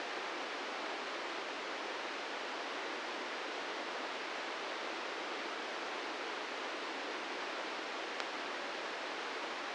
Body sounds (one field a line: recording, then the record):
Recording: brain microelectrode recording played as sound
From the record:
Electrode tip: inside the subthalamic nucleus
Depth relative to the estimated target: -3 mm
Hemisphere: left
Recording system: NeuroSet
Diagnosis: Parkinson's disease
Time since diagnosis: 13 years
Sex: male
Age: 66 years